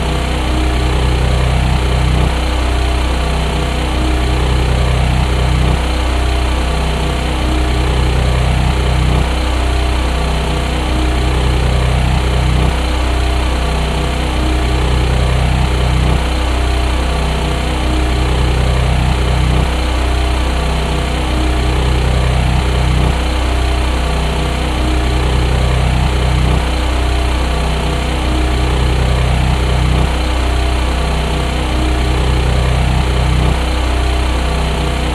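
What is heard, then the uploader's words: A portable gasoline generator runs steadily, its low engine drone constant in level throughout. A rhythmic wavering pulses through the hum about every three seconds, like the engine hunting slightly, over a dense rough hiss. Portable gasoline-powered generator recorded in Darlington, MD.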